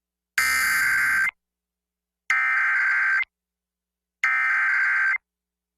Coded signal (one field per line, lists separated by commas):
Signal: Emergency Alert System (SAME) tones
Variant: header bursts